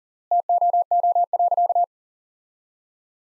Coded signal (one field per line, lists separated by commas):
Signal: Morse code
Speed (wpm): 40 wpm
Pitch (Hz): 700 Hz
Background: none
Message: TOO.